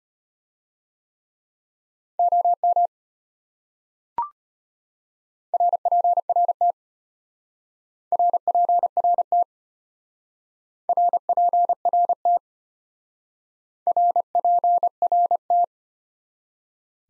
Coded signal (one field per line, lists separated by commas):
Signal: Morse code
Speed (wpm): 32 wpm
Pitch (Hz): 700 Hz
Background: none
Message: OM RPRT RPRT RPRT RPRT